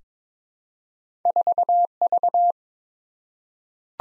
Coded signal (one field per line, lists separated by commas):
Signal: Morse code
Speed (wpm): 22 wpm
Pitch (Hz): 700 Hz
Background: none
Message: 4V